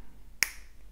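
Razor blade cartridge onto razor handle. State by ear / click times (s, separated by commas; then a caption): seated / 0.4 s. The flat end of a razor handle is pushed into the slot on the bottom of a razor blade cartridge, and it snaps on with a single sharp, solid click at 0.4 s. The click is a brief, bright burst strongest around 2 kHz and 6 kHz against near-silence. The cartridge is seated on the handle.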